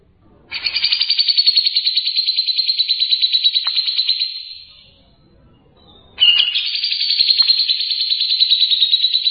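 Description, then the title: Bird song: a long, dense, buzzy trill held steady for about three and a half seconds, fading out, then a second trill starting abruptly after a short pause. "burung"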